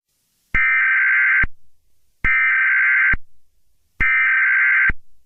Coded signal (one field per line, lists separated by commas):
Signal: Emergency Alert System (SAME) tones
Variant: header bursts